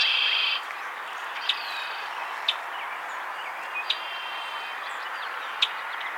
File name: Agelaius phoeniceus - Red-winged Blackbird